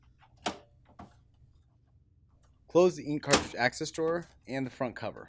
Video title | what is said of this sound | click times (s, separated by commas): Unboxing, Setting Up, and Installing the HP DeskJet 3634 Printer - HP DeskJet - HP | Insert it into the left slot at an upward angle until it snaps into place. | 0.5 s